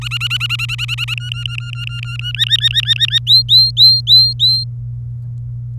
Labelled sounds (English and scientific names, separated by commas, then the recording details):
Domestic Canary (Serinus canaria) song
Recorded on 26 April 2018 at 17:50
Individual llb3